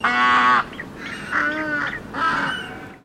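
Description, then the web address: Australian white ibis giving three harsh, nasal honks over about three seconds, the first the loudest. Mixed honks from birds in South Australia. "Sound Effects-Foundation 1 BIRDS IBIS AUSTRALIAN WHITE MIXED HONK"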